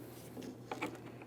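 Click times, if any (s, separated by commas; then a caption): none. A center wiring harness connector is handled at the plastic tail lamp assembly socket of a 2007-2014 Ford Edge during tail light replacement. Soft handling noise over a steady low hum includes brief taps near 0.7 s and 1.2 s. Nothing has seated or clicked yet.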